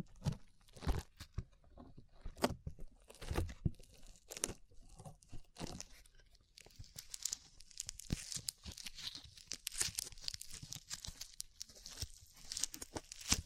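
Slime being worked, with sticky, crackly pops and squelches. The first half has scattered louder smacks with dull low thuds, notably near one and three and a half seconds. After about seven seconds the crackling turns denser, brighter and more continuous, like rapid tiny bubbles bursting.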